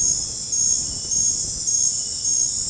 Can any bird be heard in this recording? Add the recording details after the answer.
no. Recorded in dense forest near Puerto Asís, Putumayo, Colombia, on 26 December 2024 at 22:30. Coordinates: 0.481, -76.323. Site G100